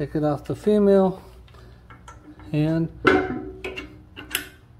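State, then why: Seated. Someone talks while the dust caps are taken off the male and female ends of a metal hydraulic line quick-connect coupling that joins the lift cylinder lines on a MAXJAX lift. The two halves are pushed together, with sharp clicks at 3.7 s and 4.4 s as the coupling seats home.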